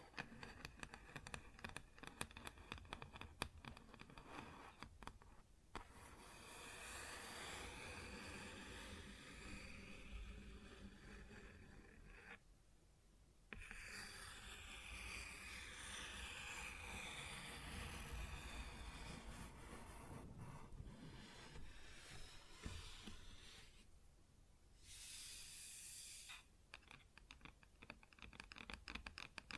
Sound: Wood Surface Tapping & Scratching